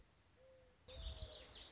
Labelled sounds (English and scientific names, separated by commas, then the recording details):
Mourning Dove (Zenaida macroura)
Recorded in Sonoma County, California